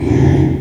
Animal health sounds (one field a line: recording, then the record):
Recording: squeal of a Yucatan mini pig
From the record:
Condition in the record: after surgery on the right vocal fold (resection and tissue-engineered implant)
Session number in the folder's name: 4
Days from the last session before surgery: 42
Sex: male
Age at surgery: 12 weeks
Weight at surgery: 13 kg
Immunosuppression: cyclosporine, prednisolone